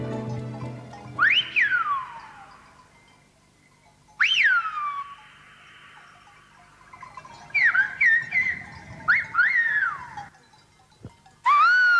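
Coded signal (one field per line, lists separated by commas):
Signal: whistled language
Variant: Silbo Gomero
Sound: several loud gliding whistles rising and falling in pitch, separated by pauses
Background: low background rumble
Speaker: los teléfonos móviles y las mejores carreteras están acabando con el silbo gomero a pesar de que gentes como sí lo enseñan las escuelas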